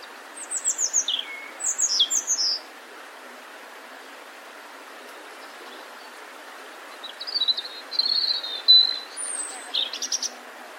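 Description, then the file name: European robin song: rapid high descending twittered notes in an opening burst, a long silent gap, then another phrase of thin whistles and sharp high notes. "Erithacus rubecula"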